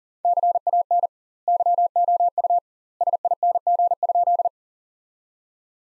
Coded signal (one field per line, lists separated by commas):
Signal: Morse code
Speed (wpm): 40 wpm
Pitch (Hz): 700 Hz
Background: none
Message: CAN YOU SING?